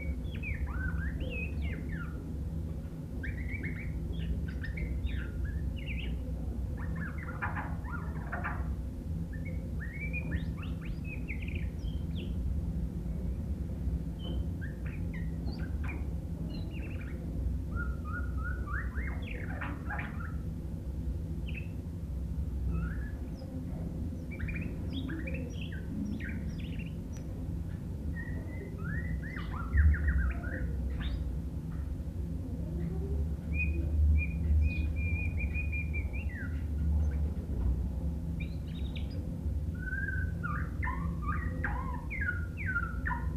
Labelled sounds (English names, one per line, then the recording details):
White-rumped Shama song
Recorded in captivity
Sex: male
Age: adult
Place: Hannover, Niedersachsen, DE
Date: 1967-12-25
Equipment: Hornyphon Bandgerät, Phillips Mikrofon Type EL 6020
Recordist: Lütgens, Hans